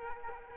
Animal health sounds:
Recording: mosquito wingbeat signal from an infrared sensor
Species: Aedes aegypti

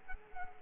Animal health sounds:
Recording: mosquito wingbeat signal from an infrared sensor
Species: Culex quinquefasciatus

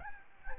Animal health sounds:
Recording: mosquito wingbeat signal from an infrared sensor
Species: Aedes albopictus

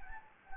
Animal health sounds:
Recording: mosquito wingbeat signal from an infrared sensor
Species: Anopheles gambiae

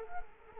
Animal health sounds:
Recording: mosquito wingbeat signal from an infrared sensor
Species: Culex quinquefasciatus

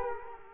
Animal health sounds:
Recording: mosquito wingbeat signal from an infrared sensor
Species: Culex quinquefasciatus

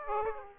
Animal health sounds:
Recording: mosquito wingbeat signal from an infrared sensor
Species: Aedes aegypti

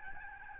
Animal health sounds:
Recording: mosquito wingbeat signal from an infrared sensor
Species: Aedes albopictus

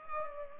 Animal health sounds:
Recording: mosquito wingbeat signal from an infrared sensor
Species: Culex pipiens

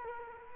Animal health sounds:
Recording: mosquito wingbeat signal from an infrared sensor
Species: Culex quinquefasciatus

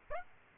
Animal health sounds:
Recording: mosquito wingbeat signal from an infrared sensor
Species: Aedes aegypti

